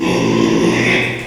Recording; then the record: squeal of a Yucatan mini pig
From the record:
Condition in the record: after surgery on the right vocal fold (resection and tissue-engineered implant); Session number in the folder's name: 1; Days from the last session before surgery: 6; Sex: male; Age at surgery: 12 weeks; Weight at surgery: 13 kg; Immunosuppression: cyclosporine, prednisolone